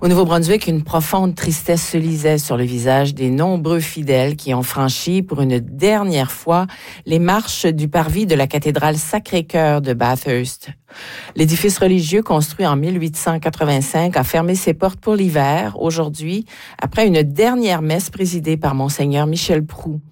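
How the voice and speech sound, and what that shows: A woman reads a French-language news bulletin fluently and clearly at a steady newsreader pace; ordinary normal speech.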